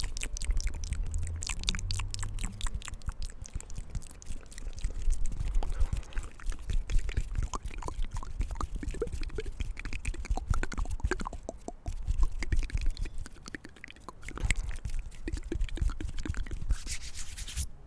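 Soft mouth sounds and hand sounds fill the clip with a dense, irregular stream of small wet clicks, smacks and taps, like chewing or dripping. The patter runs throughout with brief dips near 12 and 14 seconds, over a low rumble.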